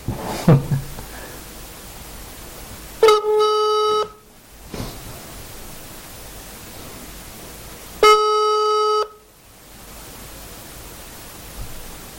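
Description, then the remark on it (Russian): Two long ringback tones from a phone call as someone with no money on their phone tries to call back, each about a second long and separated by a few seconds of quiet hiss. The steady buzzing tone is moderately loud with no talking. “Денег нет на телефоне, пытается перезвонить.”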